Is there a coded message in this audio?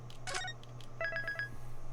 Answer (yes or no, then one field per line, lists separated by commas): no